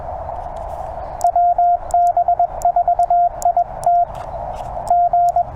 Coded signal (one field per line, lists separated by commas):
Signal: Morse code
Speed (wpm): 21 wpm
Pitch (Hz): 700 Hz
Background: radio noise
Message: WB4IT G